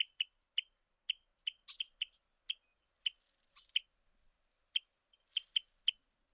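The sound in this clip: Bird calls: quick sharp chip notes in irregular bursts, with soft rustling, hissy twittering around the middle and again near the end.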